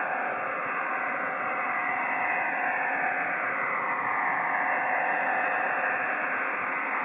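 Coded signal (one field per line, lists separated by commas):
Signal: digital SSTV (DRM)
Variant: EasyPal (DRM)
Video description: Using EasyPal to decode digital Slow Scan TV on 14.233MHz.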